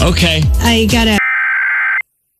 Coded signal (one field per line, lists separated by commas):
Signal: Emergency Alert System (SAME) tones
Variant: header bursts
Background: speech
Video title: Massachusetts Amber Alert on WMAS-FM Enfield, Connecticut (94.7 WMAS) (12/1/22) (EAS #65)